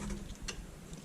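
A metal retaining clip that holds the original backlight lamp on the frame of an old Casio MD800TT10-C1 LCD display is removed. It gives a sharp click at 0.5 s and a softer click at 0.9 s over a low background hum. The metal clip clicks open and is released.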